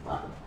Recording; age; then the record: pig call; growing-finishing pig (85 days or more)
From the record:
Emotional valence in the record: positive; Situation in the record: run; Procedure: transit